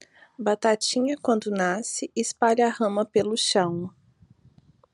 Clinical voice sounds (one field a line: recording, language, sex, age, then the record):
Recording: short text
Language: Brazilian Portuguese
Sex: female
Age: 30 to 39 years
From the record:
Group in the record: control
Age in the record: 38 years